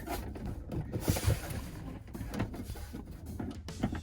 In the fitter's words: then the rest just clicks into place